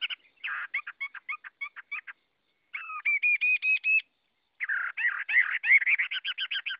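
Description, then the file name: Chinese hwamei song in three bursts of rapid, buzzy and chattering notes, with short pauses between them and a fast trill at the end. Song in the 'forest voice' (giọng rừng) style. "Tieng hoa mi hot giong rung"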